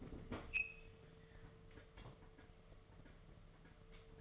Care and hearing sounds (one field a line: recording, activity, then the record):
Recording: daily activity, microphone in the room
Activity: open fridge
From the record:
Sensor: 4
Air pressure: 1015.9 hPa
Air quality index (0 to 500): 193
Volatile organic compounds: 10 ppm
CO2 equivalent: 2230 ppm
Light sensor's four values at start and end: 12/27/11/11 and 8/19/8/8